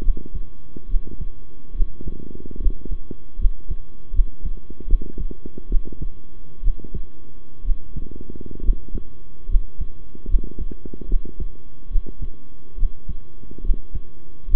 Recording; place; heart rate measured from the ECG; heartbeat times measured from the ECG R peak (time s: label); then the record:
heart sounds by stethoscope; between the tricuspid and mitral areas; 71 bpm
0.02 s: heartbeat
0.88 s: heartbeat
1.74 s: heartbeat
2.59 s: heartbeat
3.38 s: heartbeat
4.12 s: heartbeat
4.87 s: heartbeat
5.69 s: heartbeat
6.62 s: heartbeat
7.64 s: heartbeat
8.62 s: heartbeat
9.48 s: heartbeat
10.28 s: heartbeat
11.08 s: heartbeat
11.90 s: heartbeat
12.77 s: heartbeat
13.63 s: heartbeat
14.47 s: heartbeat
From the record:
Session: rest, sitting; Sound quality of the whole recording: good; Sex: male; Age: 23 years